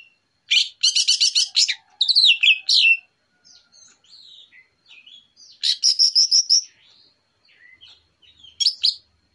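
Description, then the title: Orange-headed thrush song: bursts of rapid, varied high chirps and slurred whistles in phrases of one to two seconds, separated by quieter soft notes and short pauses. Relaxed morning song, used as a lure. "Pancingan Anis Merah Plong Santai Pagi Hari"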